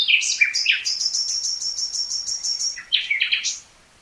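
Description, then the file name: Common nightingale song with a long, fast, even series of high repeated notes, framed by lower churring and whistled phrases. "Luscinia megarhynchos"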